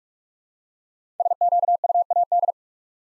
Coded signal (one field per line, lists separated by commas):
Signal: Morse code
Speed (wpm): 44 wpm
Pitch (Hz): 700 Hz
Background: none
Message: SQUAD